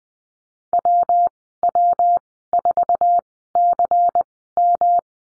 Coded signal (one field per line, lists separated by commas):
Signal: Morse code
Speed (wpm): 19 wpm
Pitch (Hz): 700 Hz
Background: none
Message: WW4CM